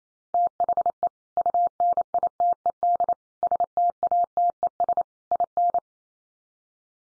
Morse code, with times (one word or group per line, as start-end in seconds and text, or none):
0.3-1.1 THE
1.4-3.1 UNITED
3.4-5.0 STATES
5.3-5.8 IN